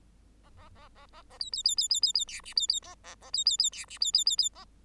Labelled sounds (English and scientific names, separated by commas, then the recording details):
Bengalese Finch (Lonchura striata domestica) song
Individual Bird8